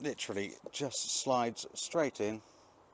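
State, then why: Not seated. A submersible water pump fitting is being slid straight into its water inlet socket on a Lunar Delta TI 2017 caravan while someone talks. Nothing has seated or clicked yet, and the clip ends just before the pump goes home.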